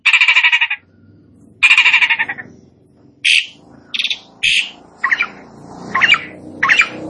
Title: Belum Satu Menit Jalak Suren Langsung Bunyi